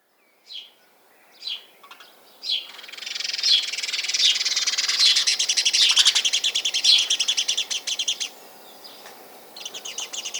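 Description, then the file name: House sparrow calling, a few single chirps spaced about a second apart, then a long rapid chattering run lasting several seconds that fades, followed by more scattered chirps. "Passer domesticus"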